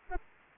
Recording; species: mosquito wingbeat signal from an infrared sensor; Anopheles arabiensis